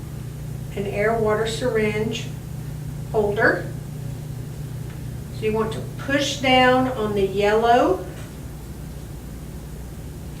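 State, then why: Not seated. A dental air/water syringe tip is being fitted into the syringe holder by pushing down on its yellow insert while someone talks over a steady low hum. Nothing has seated or clicked yet when the clip ends.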